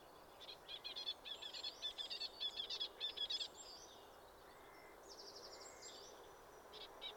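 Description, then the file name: Great tit calling in a fast series of sharp, high chirps for about three seconds, then a shorter run, against constant background hiss. "Parus major"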